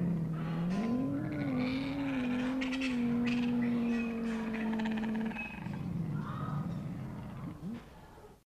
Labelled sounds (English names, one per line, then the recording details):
Dark-winged Trumpeter call
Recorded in captivity
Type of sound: call
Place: Wilhelma Stuttgart, Baden-Württemberg, DE
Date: 1984-07-09
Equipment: Halbspur, 9,5 cm/s
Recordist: Lütgens, Hans
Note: Durch Lütgens animiert, Zoo Stuttgart